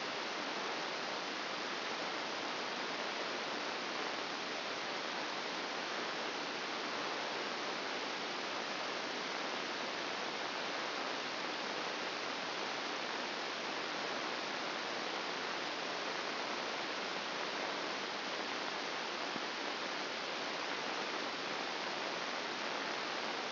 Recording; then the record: brain microelectrode recording played as sound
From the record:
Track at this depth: inside the subthalamic nucleus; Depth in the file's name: 4.465 mm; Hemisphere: left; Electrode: 2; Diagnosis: Parkinson's disease